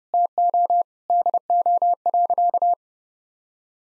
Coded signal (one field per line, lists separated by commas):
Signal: Morse code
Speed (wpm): 30 wpm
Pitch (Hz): 700 Hz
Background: none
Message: TO DO.